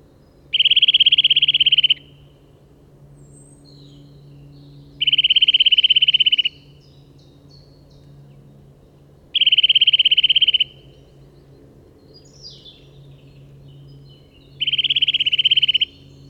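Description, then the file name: Eurasian nuthatch trilling, four fast rattling bursts of high piping notes, each over a second long, spaced several seconds apart, with faint soft calls between. "Sitta europaea"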